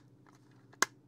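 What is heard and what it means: The plastic neck section of a Fanhome Star Trek USS Enterprise D partwork model is pressed down over a locating post on the hull. After a couple of faint ticks at about 0.3 and 0.7 seconds over a steady low hum, a sharp, bright click sounds at 0.8 seconds. The part seats in place and now stays without finger pressure.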